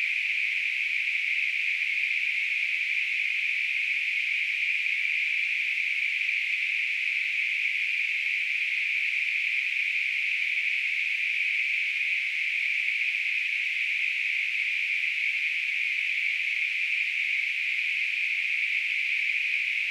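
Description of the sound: A steady, unbroken hiss centered on a fairly high pitch runs for about 20 seconds with no change in loudness. It is a simulation of tinnitus, the constant ringing or hissing some people hear in their ears.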